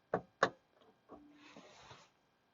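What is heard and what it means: A plastic wiring harness connector is pushed back onto the tail light bulb socket of a KIA Rio after a rear turn signal bulb replacement. Two sharp clicks ring out at 0.1 and 0.4 seconds, and the connector is seated at 0.4 seconds. A softer rubbing and handling noise follows from about 1.1 to 2.1 seconds.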